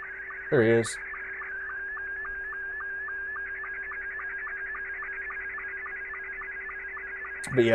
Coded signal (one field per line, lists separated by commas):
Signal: SSTV (slow-scan television)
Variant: Scottie 2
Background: speech